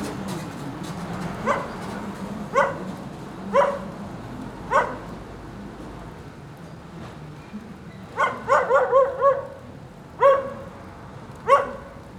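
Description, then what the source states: Dog barking over a noisy background, four spaced single barks, then a rapid cluster and two more singles. Lone dog in the rain during a thunderstorm at 9a. Avenida 414, Quezaltenango, Guatemala.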